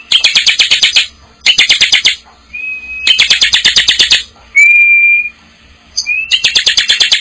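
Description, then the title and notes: Bar-winged prinia song of quick buzzy note trains alternating with clear, level and rising whistled notes in the gaps. Vigorously singing (gacor) birds and young birds. "Kicau Ciblek. putri sherin. kumpulan suara burung ciblek gacor dan anakan"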